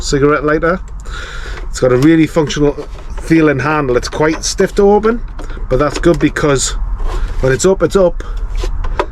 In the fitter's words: when it's down, goes down with a nice click, and it's down, it's staying down, it's not going to flop around.